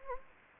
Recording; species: mosquito wingbeat signal from an infrared sensor; Anopheles gambiae